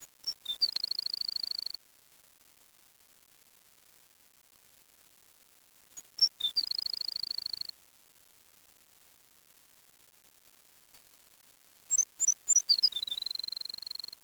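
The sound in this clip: Bird calling in three separate bouts, each opening with sharp high chirps and running into a rapid steady trill, with several quiet seconds between bouts.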